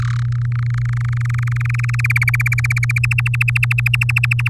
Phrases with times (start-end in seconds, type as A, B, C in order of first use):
0.00-0.23 A, 0.25-2.01 B, 2.04-2.98 C, 3.03-4.49 D